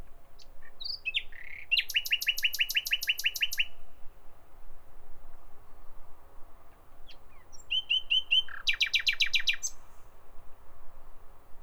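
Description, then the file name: Common nightingale song: two phrases of fast repeated percussive notes forming rattling trills, separated by a quiet gap with scattered soft notes, over low background hum. "Nachtigall"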